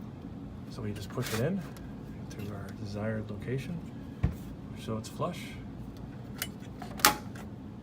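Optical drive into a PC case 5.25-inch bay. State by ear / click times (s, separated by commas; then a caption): seated / 7.0 s. Someone talks while a 5.25-inch optical drive is pushed into a tool-less drive bay of a PC case, with soft sliding and knocking sounds. The drive clicks into place with a sharp click at 7.1 s as the latch catches, and it is seated.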